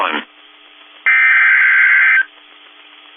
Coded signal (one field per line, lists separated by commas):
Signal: Emergency Alert System (SAME) tones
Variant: header bursts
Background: speech